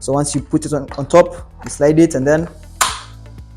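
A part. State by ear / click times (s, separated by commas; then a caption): seated / 2.8 s. A camera is placed on top of a tripod head and slid into the quick-release plate while someone talks. A sharp click at 2.8 seconds marks the latch locking, and the camera is seated firmly on the tripod head.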